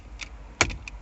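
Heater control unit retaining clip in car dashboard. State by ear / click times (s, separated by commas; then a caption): released / 0.6 s. The bottom of the heater control unit is pulled out of the dashboard of a Nissan Leaf ZE1. The first plastic retaining clip lets go with one sharp click at 0.6 s, among fainter ticks around 0.2, 0.7 and 0.9 s. The clip is released.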